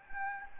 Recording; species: mosquito wingbeat signal from an infrared sensor; Anopheles gambiae